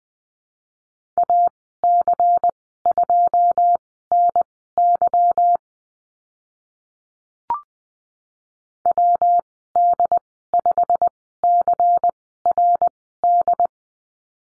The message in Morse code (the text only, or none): AC2NY WD5CRD